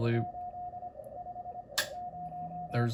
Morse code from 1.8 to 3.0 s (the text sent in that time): 0